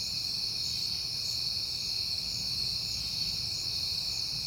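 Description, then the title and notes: Cricket chorus, a continuous shrill trilling band over a soft low hum. Crickets recorded at night in September, heard often lately, on a peaceful night. "Night Time: Crickets and Passing Cars. It is September and I have been hearing the crickets a lot"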